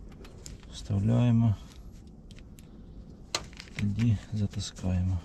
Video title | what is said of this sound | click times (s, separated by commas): ⚡☀️ Як загинули сонячні панелі - розбираємось що сталось з панелями, напруга низька, скаче, діагноз | не до кінця було вставлено Отак треба до щелчка | 0.5 s